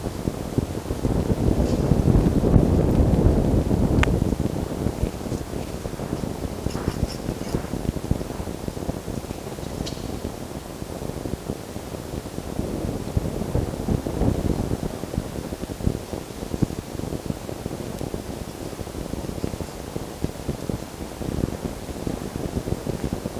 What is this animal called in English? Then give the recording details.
Red Fox. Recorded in captivity. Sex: group. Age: diverse. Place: Zoologisches Institut der HUB, Berlin, DE. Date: 1954-05-07 18:45. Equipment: Elmetra. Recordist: Tembrock, Günter